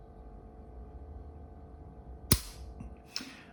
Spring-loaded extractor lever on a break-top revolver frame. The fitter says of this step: So, it sort of disappeared, didn't it? You You sort of saw it disappear, then you heard it go click.